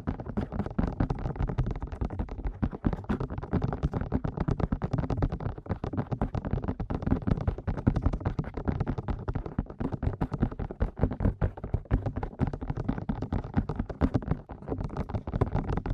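Fast ear tapping, a dense, rapid run of soft muffled taps with deep thumpy weight, continuing steadily and evenly for the whole stretch.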